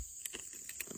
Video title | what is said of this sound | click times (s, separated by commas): IKAN APA NI WEII😱 LINK DI BIO‼️ ITEM NO 89🛍️ | Ha dah lock. | 0.8 s